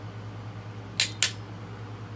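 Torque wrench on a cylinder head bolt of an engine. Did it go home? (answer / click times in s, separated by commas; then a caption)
yes / 1.0 s, 1.2 s. A click-type torque wrench tightens a cylinder head bolt on a small block V8 engine; the bolts are worked in a circular pattern from the middle outward. Over a steady low hum, two sharp, bright clicks sound at 1.0 s and 1.2 s. The clicks mean the bolt has reached its torque setting.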